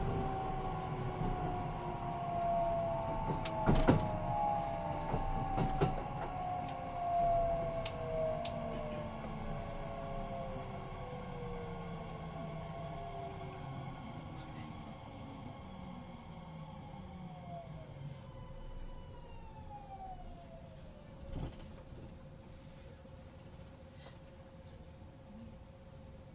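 A Kintetsu 80000 series Hinotori train slows down, its motor whine gliding steadily downward in pitch over the first twenty seconds before settling into a steady hum. A continuous low rumble runs underneath, with a few sharp clicks and knocks around four, six and twenty-one seconds.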